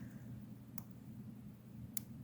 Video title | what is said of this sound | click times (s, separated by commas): Jewelry SALE GiGi's Gems Pt. 2 March 24 #jewelry #jewelrysale #jewelrygift #gifts #secondhandfashion | And the snaps are nice and tight. | 0.8 s, 2.0 s